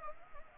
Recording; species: mosquito wingbeat signal from an infrared sensor; Anopheles arabiensis